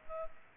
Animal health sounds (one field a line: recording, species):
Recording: mosquito wingbeat signal from an infrared sensor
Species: Culex pipiens